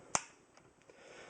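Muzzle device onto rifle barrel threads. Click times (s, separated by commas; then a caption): 0.1 s. A threaded muzzle device is turned counterclockwise and pushed all the way down the barrel threads of a Century Arms GP1975 AK-47 rifle in 7.62x39 so its notch wraps around the detent pin. A single sharp metallic click sounds at 0.2 s, followed by a few faint ticks over low background hiss. The muzzle device is seated in place.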